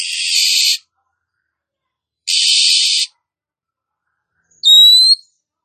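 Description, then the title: Oriental magpie-robin giving two long harsh rasping bursts about two seconds apart, followed by a single sharp rising whistle. Female call, used as a lure to provoke males to fight. "Kacer Langsung Tarung Konslet KACER NGOTOT FULL TEMBAKAN. KACER MANAPUN DIJAMIN NYAUT TIDAK PAKEK LAMA DENGAN PIKAT SUARA KACER BETINA INI"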